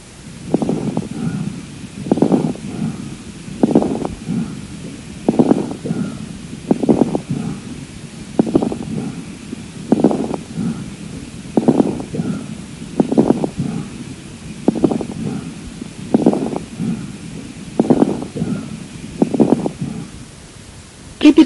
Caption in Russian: На высоте вдоха, когда происходит расправление пораженных альвеол, возникает особый звук, напоминающий нежный треск. Крепитация, в отличие от хрипов, не изменяется после покашливания. На фоне бронхиального дыхания, вы услышите крепитацию. Теперь после покашливания. Крепитация может быть выслушана на первой и третьей стадиях крупозной пневмонии, при бронхопневмонии, а также у пациентов с пневмосклерозом.